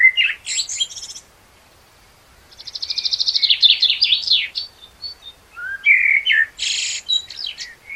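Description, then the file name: Common blackbird song: squeaky high twitters, then a rapid buzzy trill, a mellow fluted whistle and a burst of shrill chatter, with brief pauses between phrases. "Turdus merula"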